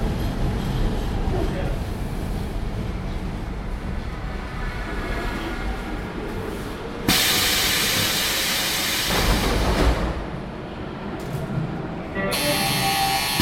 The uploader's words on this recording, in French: Budapest, la ligne M1. Constitué de 3 petites voitures rigolotes, la courte ligne M1 du métro de Budapest est classée au Patrimoine mondial de l'UNESCO.